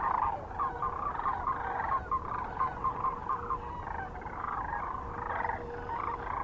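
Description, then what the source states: Sandhill crane calls, a run of quick, evenly pulsed rattling notes at first, then a dense chorus of overlapping rolling calls. Kearney, Nebraska, on 9 March 2004.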